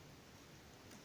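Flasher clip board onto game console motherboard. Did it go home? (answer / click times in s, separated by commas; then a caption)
no / none. An E3 Flasher clip-on contact board is handled and pressed toward a PS3 Slim motherboard. Only a steady, even broadband hiss is heard, with no sharp transients. Nothing has seated or clicked yet.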